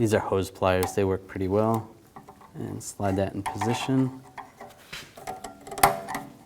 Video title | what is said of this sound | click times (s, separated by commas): How To Replace Rear Wheel Seal 1999-07 Chevy Silverado 2500 | Make sure it locks in place. That's good. | 5.8 s